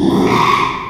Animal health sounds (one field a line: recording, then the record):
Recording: squeal of a Yucatan mini pig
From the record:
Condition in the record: after surgery on the right vocal fold (resection and tissue-engineered implant)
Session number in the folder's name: 1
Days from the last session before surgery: 6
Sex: male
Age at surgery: 12 weeks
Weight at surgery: 13 kg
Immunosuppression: cyclosporine, prednisolone